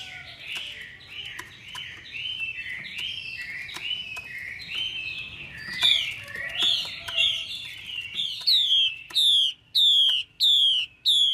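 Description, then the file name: Chinese hwamei song, starting as a chattering, looping warble and building into a series of loud, clear descending whistles repeated about every two-thirds of a second. Female hwamei calling to stimulate a male. "Tieng chim hoa mi mai kich trong"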